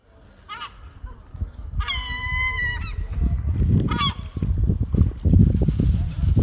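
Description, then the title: Gulls giving a long, steady, nasal call and shorter cries over a loud, rumbling, low-pitched background noise. Gulls above a pond. "Mouettes au dessus de l'étang (par L.L.)"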